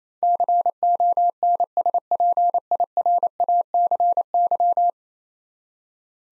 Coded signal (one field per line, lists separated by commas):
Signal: Morse code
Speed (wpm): 28 wpm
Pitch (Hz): 700 Hz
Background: none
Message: CONSPIRACY